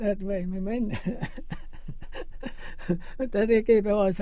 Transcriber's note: laughs